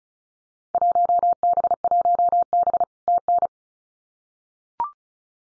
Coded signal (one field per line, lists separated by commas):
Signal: Morse code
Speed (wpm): 36 wpm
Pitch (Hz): 700 Hz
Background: none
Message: 1B1B TN